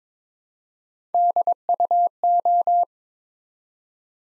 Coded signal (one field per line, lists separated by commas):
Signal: Morse code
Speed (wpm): 22 wpm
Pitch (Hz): 700 Hz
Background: none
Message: DUO